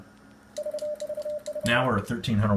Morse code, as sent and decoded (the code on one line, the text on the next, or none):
none